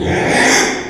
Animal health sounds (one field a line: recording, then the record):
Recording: squeal of a Yucatan mini pig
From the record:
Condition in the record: after surgery on the right vocal fold (resection and tissue-engineered implant)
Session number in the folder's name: 3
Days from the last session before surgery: 33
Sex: male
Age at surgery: 12 weeks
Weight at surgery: 13 kg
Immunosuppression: cyclosporine, prednisolone